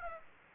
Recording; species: mosquito wingbeat signal from an infrared sensor; Aedes aegypti